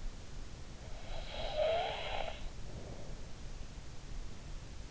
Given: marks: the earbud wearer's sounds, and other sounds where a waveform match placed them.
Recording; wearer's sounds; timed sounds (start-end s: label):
sounds in sleep by an in-ear microphone; snoring breath
0.89-3.18 s: snoring breath